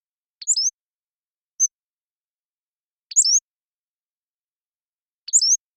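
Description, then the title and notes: Pacific-slope flycatcher giving three high squeaky slurred phrases, with a thin tick after the first, against clean silence. Long song sequence captured with a parabolic microphone, processed clean while keeping natural rhythm and pace. "Pacific-Slope Flycatcher, Empidonax difficilis A long song sequence captured with a parabolic"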